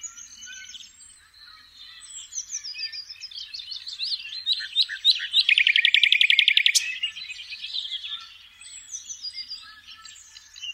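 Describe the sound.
Common nightingale singing a varied sequence of twittering notes building to a loud, fast repeated rattle of identical notes, then softer mixed phrases.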